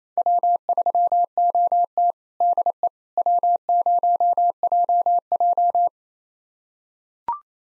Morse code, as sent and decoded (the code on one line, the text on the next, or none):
.-- ...-- --- - / -.. . / .-- ----- .--- .---
W3OT DE W0JJ